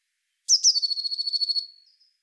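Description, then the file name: Eurasian blue tit song: two high thin opening notes, then a fast even trill of many pulses lasting about a second, on a clean silent background. "Cyanistes caeruleus"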